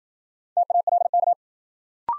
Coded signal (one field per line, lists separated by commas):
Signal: Morse code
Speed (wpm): 53 wpm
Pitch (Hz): 700 Hz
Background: none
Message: TALK